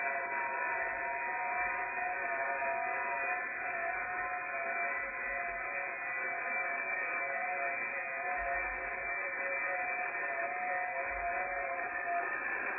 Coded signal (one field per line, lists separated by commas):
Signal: FT8